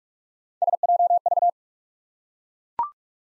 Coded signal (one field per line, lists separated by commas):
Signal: Morse code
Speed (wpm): 44 wpm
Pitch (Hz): 700 Hz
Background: none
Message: SJV